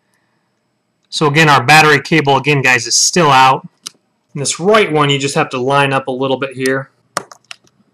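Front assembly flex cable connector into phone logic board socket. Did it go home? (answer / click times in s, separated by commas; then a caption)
yes / 7.2 s. Someone talks while lining up the third front assembly flex cable connector, in the corner, over its socket on an iPhone 5 logic board, with the battery cable still disconnected. At 7.2 s a sharp click is heard as the connector is pressed on and seats, followed by a few fainter ticks.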